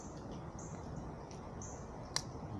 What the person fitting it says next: you hear the click.